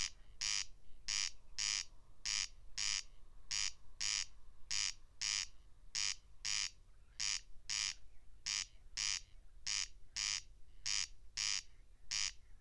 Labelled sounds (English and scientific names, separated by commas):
Corn Crake (Crex crex) song